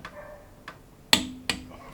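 A click-type torque wrench set to 105 N·m tightens a nut on the front brake of a Myvi car, with two faint ratchet ticks near 0.1 s and 0.7 s. Sharp, loud clicks follow at 1.1 s and 1.5 s as the wrench reaches its setting, confirming the set torque has been reached.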